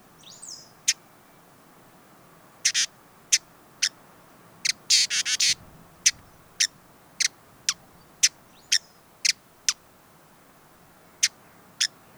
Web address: sound Hooded-visorbearer دانلود-صدای-پرنده-آفتابگیر-کلاهدار